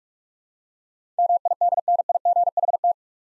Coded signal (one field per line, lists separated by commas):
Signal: Morse code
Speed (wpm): 44 wpm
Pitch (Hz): 700 Hz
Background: none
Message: MIDNIGHT